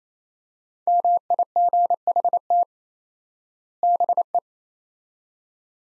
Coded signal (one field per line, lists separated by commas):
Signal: Morse code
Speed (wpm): 28 wpm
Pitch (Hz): 700 Hz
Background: none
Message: MIGHT BE